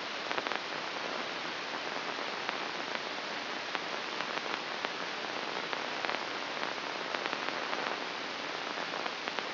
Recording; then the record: brain microelectrode recording played as sound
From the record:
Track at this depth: inside the subthalamic nucleus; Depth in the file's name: 2.546 mm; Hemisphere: right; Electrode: 2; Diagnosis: Parkinson's disease